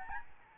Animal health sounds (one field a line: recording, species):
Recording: mosquito wingbeat signal from an infrared sensor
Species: Aedes albopictus